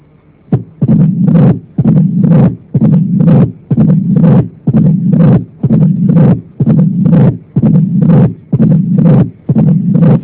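A regular heartbeat at about 62 per minute. Each beat opens with a sharp, snapping sound followed by a long, low-pitched rumble that fills much of the cycle. This is the diastolic rumble of mitral stenosis, turbulent flow through a narrowed mitral valve.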